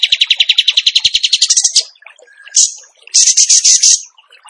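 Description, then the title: Bird song opening with many quick sharp chirps, then a higher rattling trill, a single short note, and another fast high trill. Training recording (masteran) of a bird singing in the tembakan gacor style. "Masteran Burung Tembakan Gacor"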